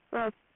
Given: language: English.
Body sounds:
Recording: throat vibration sensor signal played as sound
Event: speech

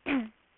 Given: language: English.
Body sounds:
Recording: throat vibration sensor signal played as sound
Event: throat clearing

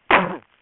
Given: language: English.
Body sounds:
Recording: throat vibration sensor signal played as sound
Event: cough

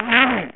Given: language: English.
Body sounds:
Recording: throat vibration sensor signal played as sound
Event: throat clearing

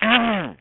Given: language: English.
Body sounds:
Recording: throat vibration sensor signal played as sound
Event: throat clearing

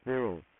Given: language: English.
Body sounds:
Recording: throat vibration sensor signal played as sound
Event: speech

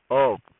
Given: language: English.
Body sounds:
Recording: throat vibration sensor signal played as sound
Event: speech

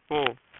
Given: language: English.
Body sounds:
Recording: throat vibration sensor signal played as sound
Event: speech

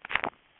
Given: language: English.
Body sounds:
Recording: throat vibration sensor signal played as sound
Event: swallow

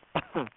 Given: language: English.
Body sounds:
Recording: throat vibration sensor signal played as sound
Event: cough

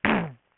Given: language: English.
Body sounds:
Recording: throat vibration sensor signal played as sound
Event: throat clearing

